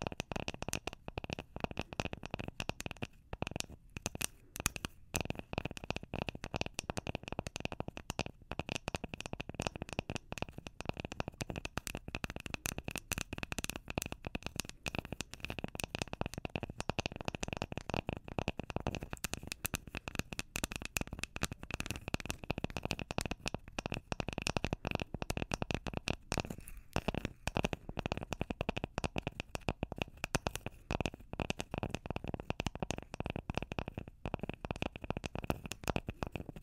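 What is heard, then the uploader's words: Rapid, dense tapping runs without pause for the whole stretch, a crackly patter of small clicks with a papery, card-like texture. The pace stays busy and uneven, the level holds steady, and a faint bright ring sits under the taps throughout. ASMR Dark & Relaxing Tapping For Sleep (No Talking).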